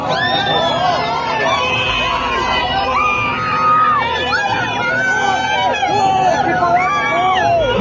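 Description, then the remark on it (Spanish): A dense crowd of fans gathered outside a hotel in Mexico City, waiting for a musician before his concert, cheers and shouts continuously, many overlapping voices rising in high excited screams and calls, loud and sustained throughout with no pause. “los fans se reunieron a esperarlo afuera de su hotel y sí, salió a saludar con seguridad y todo a bordo de una camioneta y la verdad es que estaba repleto, muchos de ellos llorando.”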